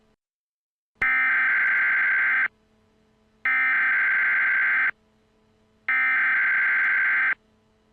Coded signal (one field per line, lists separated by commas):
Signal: Emergency Alert System (SAME) tones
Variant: header bursts